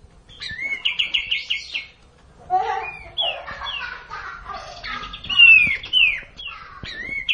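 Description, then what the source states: Cililin song: a varied, jumbled phrase of quick trills, slurred whistles and lower chattering notes, with rising and falling phrases and a few sharp accents. Song in the kapas tembak style.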